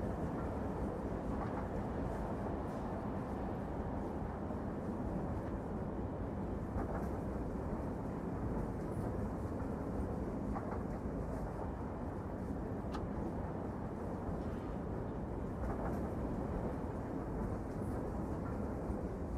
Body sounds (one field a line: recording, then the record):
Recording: background sound without coughing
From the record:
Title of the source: Train Ride Ambience ambient white noise for sleeping, focus, studying, reading